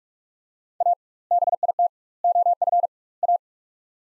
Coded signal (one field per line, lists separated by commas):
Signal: Morse code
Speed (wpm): 47 wpm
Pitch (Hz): 700 Hz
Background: none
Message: A BIT OF A